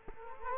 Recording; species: mosquito wingbeat signal from an infrared sensor; Culex quinquefasciatus